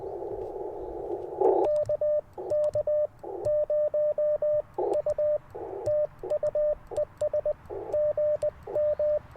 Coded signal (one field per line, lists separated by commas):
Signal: Morse code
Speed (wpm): 21 wpm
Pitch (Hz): 600 Hz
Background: radio noise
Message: KK0U TU ES GM